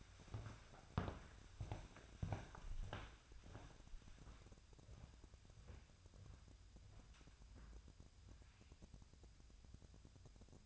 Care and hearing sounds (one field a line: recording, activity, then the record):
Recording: daily activity, microphone in the room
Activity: walk to room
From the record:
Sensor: 2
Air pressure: 999.8 hPa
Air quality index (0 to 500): 119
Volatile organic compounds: 2 ppm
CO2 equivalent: 1030 ppm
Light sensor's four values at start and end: 29/68/30/34 and 29/69/31/34